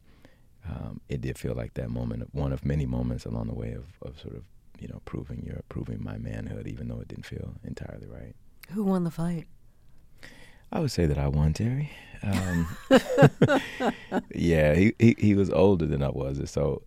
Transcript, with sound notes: But it did feel like that moment of - one of many moments along the way of sort of, you know, proving your - proving my manhood, even though it didn't feel entirely right.
Who won the fight?
I would say that I won, Terry.
(LAUGHTER)
Yeah. He was older than I was.